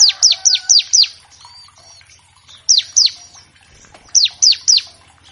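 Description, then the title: Bar-winged prinia: loud, downward-sweeping whistled notes in three short series, with a faint low hum underneath. Energetic bar-winged prinia paired with a singing canary in a master track to tutor captive birds of all kinds; used as a lure to make prinias start singing quickly. "Masteran Ciblek Gacor Vs Kenari Gacor Untuk Masteran Semua Jenis Burung. Pancingan Ciblek bahan agar cepat bunyi. Burung Ciblek"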